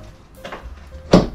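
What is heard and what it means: A new powered liftgate strut for a CX-5 is being installed, and its end is pressed onto its mount on the tailgate or body. Over background music, a few faint knocks around 0.4–0.5 s lead to a sharp snap at 1.1 s as the strut end seats all the way onto the mount.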